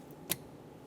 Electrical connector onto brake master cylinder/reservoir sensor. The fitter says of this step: install the connector push until you hear a click